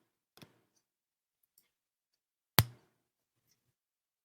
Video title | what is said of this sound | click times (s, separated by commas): LEGO SHOW- Groot EP. 2 | yep I heard a nice snap | 2.6 s